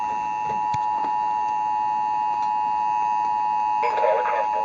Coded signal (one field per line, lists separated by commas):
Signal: Emergency Alert System (SAME) tones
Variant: 853 and 960 Hz attention tone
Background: speech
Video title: Real NOAA Weather Radio EAS Alert #167 + TV EAS Alert